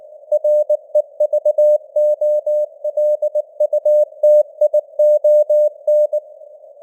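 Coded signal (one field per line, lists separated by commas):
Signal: Morse code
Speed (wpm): 19 wpm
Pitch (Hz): 600 Hz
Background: none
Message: REVOLUTION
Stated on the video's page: News headlines in 19 wpm Morse with simulated radio noise and fading (QSB).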